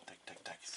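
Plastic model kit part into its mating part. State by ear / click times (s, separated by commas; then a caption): seated / 0.1 s, 0.3 s, 0.5 s. A plastic model kit part is repositioned and pressed into its mating part after a restart, giving small clicks at 0.1, 0.3 and 0.5 seconds. The part snaps together on the second try and is properly fitted. No one talks during the clip.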